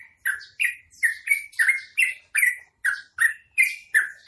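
Bird producing strident chirps with bright buzzy overtones, repeated quickly, about three a second.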